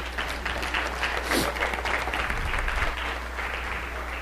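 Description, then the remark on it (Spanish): During a class, a crowd claps steadily for a young man, many hands producing a dense, even patter of applause that holds at a fairly loud level for several seconds without pause. “Un aplauso para él.”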